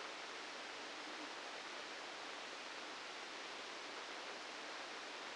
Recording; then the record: brain microelectrode recording played as sound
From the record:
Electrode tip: outside the subthalamic nucleus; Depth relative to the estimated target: -3 mm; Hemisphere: left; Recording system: NeuroSet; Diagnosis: Parkinson's disease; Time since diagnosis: 9 years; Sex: male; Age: 61 years